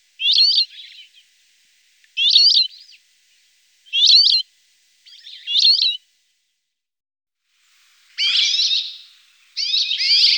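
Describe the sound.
Rock sparrow calls: nasal, twanging chirps repeated roughly every two seconds, ending with two longer, harsher buzzy notes; no other sounds.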